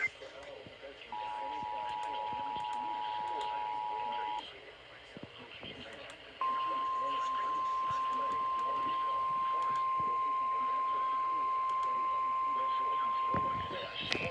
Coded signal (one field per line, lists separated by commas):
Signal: Emergency Alert System (SAME) tones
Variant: 853 and 960 Hz attention tone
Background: speech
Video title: EAS Completion #29 EAS Alerts From July 2 EAS 816-848